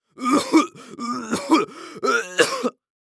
Human Male Cough Gagging Cough.